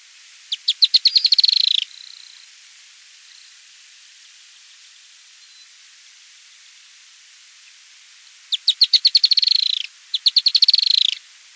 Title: LuckyPassaro Completos2Sama. Firewood-gatherer (Anumbius annumbi)